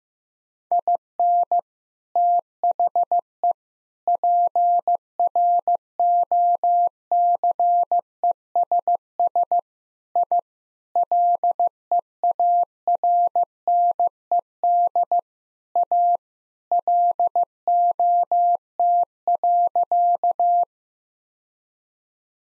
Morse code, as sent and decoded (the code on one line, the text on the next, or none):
.. -. / - .... . / .--. .-. --- -.-. . ... ... / .. / .-.. . .- .-. -. . -.. / .- / .-.. --- - .-.-.-
IN THE PROCESS I LEARNED A LOT.